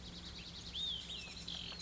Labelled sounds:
Olive-sided Flycatcher (Contopus cooperi)
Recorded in Sonoma County, California

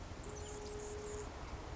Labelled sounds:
Anna's Hummingbird (Calypte anna)
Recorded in Sonoma County, California

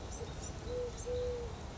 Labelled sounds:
Eurasian Collared Dove (Streptopelia decaocto)
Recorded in Sonoma County, California

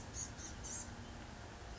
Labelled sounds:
Blue-gray Gnatcatcher (Polioptila caerulea)
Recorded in Sonoma County, California

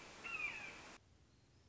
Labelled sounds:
Red-shouldered Hawk (Buteo lineatus)
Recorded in Sonoma County, California

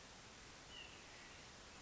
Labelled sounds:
White-breasted Nuthatch (Sitta carolinensis)
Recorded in Sonoma County, California

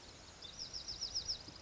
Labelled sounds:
Bewick's Wren (Thryomanes bewickii)
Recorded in Sonoma County, California

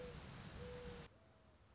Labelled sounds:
Mourning Dove (Zenaida macroura)
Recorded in Sonoma County, California

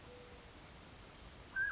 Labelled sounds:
Mountain Quail (Oreortyx pictus)
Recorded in Sonoma County, California

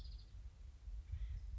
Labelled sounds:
Acorn Woodpecker (Melanerpes formicivorus)
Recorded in Sonoma County, California

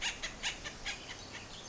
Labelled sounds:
House Finch (Haemorhous mexicanus)
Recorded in Sonoma County, California

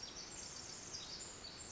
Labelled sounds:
Pacific Wren (Troglodytes pacificus)
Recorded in Sonoma County, California

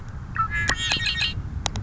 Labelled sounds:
Red-winged Blackbird (Agelaius phoeniceus)
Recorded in Sonoma County, California

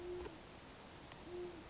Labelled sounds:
Great Horned Owl (Bubo virginianus)
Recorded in Sonoma County, California

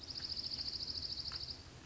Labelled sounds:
Dark-eyed Junco (Junco hyemalis)
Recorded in Sonoma County, California

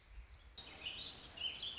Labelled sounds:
Warbling Vireo (Vireo gilvus)
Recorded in Sonoma County, California

